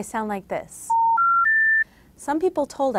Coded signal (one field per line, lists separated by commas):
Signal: telephone call progress tone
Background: speech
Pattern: special information tone